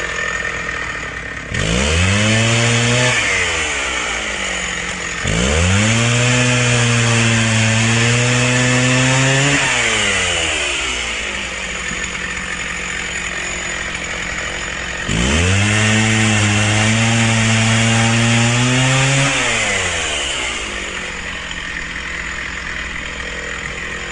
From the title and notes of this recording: Chainsaws. Recorded by Dan Bodah in Dingmans Ferry, PA.